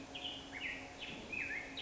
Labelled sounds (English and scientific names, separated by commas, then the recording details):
Black-headed Grosbeak (Pheucticus melanocephalus)
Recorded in Sonoma County, California